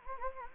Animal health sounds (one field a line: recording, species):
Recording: mosquito wingbeat signal from an infrared sensor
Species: Anopheles gambiae